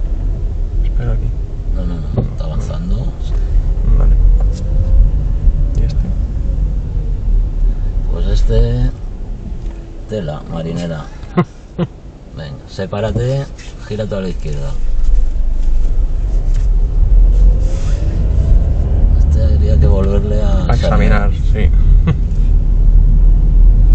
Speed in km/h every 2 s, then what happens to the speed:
7, 8, 14, 7, 0, 0, 0, 4, 15, 20, 18, 21.
0-5 steady at about 8. 5-8 brakes to 0. 8-13 standing. 13-24 pulls away to 21.